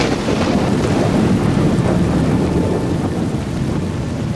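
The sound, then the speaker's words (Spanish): A thunderstorm roars steadily, deep rolling thunder rumbling beneath a constant hiss of heavy rain, with gusts of wind buffeting throughout and no voices. “Y con esta tormenta que viene.”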